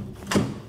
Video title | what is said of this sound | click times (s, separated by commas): etrailer - Mount: Demco Autoslide 5th Wheel Trailer Hitch w/ Slider on a 2016 GMC Sierra 2500 | just like that it'll lock into place and then you can just go ahead pull | 0.3 s